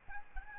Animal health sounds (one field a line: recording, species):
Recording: mosquito wingbeat signal from an infrared sensor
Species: Aedes albopictus